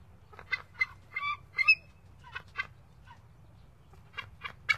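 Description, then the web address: Bald eagle giving a series of high, squeaky, chittering notes in irregular short bursts, some paired, with quiet gaps between. "Songs of Birds of North America Stokes. Bald Eagle"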